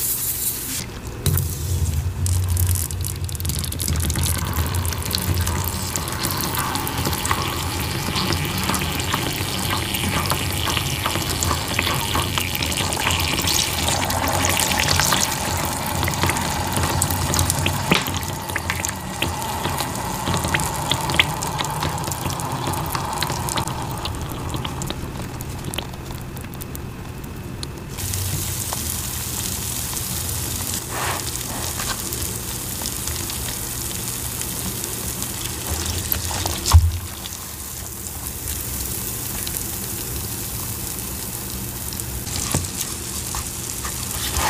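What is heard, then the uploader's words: Powder is poured and stirred with a low rumble and a faint whine in the first half, then a steady bright fizzing sizzle of citric acid takes over from about 28 seconds. A sharp tap lands near 37 seconds, and the crackling hiss continues evenly to the end. Making Citric Acid Dyed Chalk & Cornstarch Crunchies. Pouring, powder play, cornstarch squeaks, citric acid sizzles.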